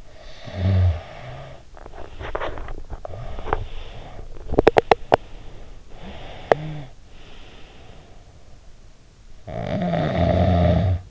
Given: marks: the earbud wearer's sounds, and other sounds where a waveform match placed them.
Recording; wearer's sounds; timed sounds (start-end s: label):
sounds in sleep by an in-ear microphone; snoring breath, teeth grinding, breath
0.00-2.65 s: snoring breath
1.81-3.41 s: teeth grinding
2.81-5.69 s: breath
4.30-5.82 s: teeth grinding
6.04-8.50 s: breath
9.21-11.11 s: snoring breath